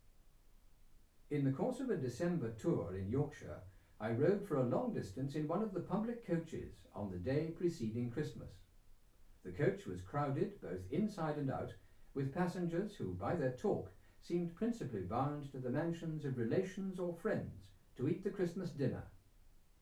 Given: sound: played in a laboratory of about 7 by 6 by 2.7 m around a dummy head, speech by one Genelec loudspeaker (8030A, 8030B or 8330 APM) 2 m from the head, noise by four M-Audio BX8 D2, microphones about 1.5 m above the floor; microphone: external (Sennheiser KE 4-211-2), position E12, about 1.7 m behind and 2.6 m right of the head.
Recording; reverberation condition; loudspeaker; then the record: male speech in English; low; behind (180 degrees)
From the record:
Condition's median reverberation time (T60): about 310 ms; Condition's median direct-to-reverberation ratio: about 3.5 dB